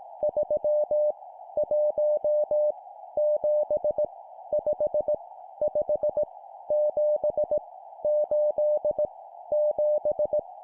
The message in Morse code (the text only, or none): 3 1 7 5 5 7 8 7